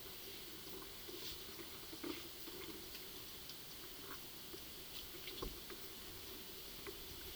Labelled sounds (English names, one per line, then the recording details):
none
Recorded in pastures near Puerto Asís, Putumayo, Colombia, on 19 February 2024 at 11:30
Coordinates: 0.497, -76.327
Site G7276